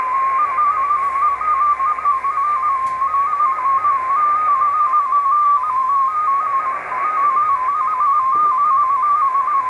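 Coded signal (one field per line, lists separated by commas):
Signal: multi-tone FSK (Olivia or MFSK type)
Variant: MFSK16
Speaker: try to put it here usually with good signal this decodes quite well normally but now it's uh really not very good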